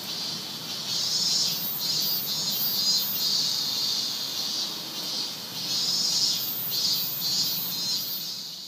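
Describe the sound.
Cicada call, a piercing high drone that swells and fades in rhythmic surges.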